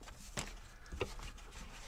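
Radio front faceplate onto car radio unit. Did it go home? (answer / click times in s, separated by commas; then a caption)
yes / 0.4 s, 1.0 s. A plastic front faceplate from a Chrysler, Dodge, Jeep or RAM car radio is lined up on its alignment pins and pushed up onto the radio chassis. Two sharp clicks are heard at 0.4 s and 1.0 s. The faceplate snaps home and is seated.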